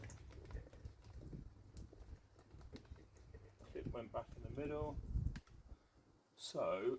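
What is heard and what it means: A new piggyback wiring connector for a Rotarytronics digital gauge is pushed into the gauge cluster wiring of a Mazda MX5 NC Mk3, in place of the old plug, amid handling noise. It seats with a sharp, fast-fading click at 1.8 s, and someone talks afterward.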